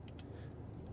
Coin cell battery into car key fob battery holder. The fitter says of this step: and it's going to snap in into place make sure it's down in there and Under The Notches that are right here